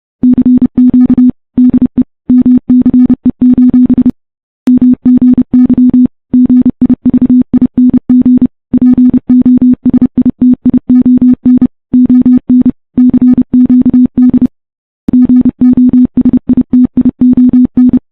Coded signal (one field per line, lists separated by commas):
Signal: Morse code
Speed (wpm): 30 wpm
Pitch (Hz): 250 Hz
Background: none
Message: CQ DE MCE: MGY GIVING POSITION ON CQD GOSITION